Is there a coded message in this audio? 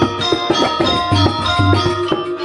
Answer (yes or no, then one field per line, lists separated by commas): no